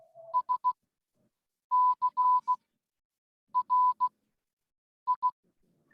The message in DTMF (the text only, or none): none